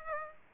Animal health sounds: mosquito wingbeat signal from an infrared sensor; Aedes aegypti

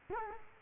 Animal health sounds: mosquito wingbeat signal from an infrared sensor; Culex quinquefasciatus

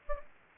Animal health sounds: mosquito wingbeat signal from an infrared sensor; Aedes aegypti

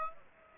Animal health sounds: mosquito wingbeat signal from an infrared sensor; Aedes aegypti

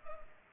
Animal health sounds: mosquito wingbeat signal from an infrared sensor; Culex pipiens

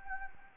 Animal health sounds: mosquito wingbeat signal from an infrared sensor; Anopheles gambiae

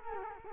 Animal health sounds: mosquito wingbeat signal from an infrared sensor; Culex quinquefasciatus

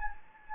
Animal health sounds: mosquito wingbeat signal from an infrared sensor; Anopheles gambiae

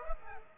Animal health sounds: mosquito wingbeat signal from an infrared sensor; Aedes aegypti

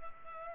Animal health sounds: mosquito wingbeat signal from an infrared sensor; Culex pipiens

